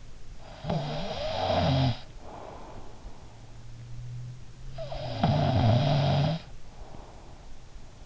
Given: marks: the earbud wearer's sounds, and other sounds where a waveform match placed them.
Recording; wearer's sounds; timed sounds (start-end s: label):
sounds in sleep by an in-ear microphone; snoring breath
0.35-3.29 s: snoring breath
4.55-8.06 s: snoring breath